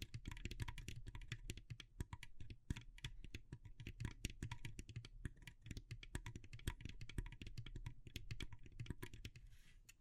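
Rapid tapping and clicking on wood, bamboo and straw fills all ten seconds, a dense, irregular stream of crisp little strikes with no pauses. The taps stay bright and sharp, over a steady low rumble underneath, easing slightly near the end.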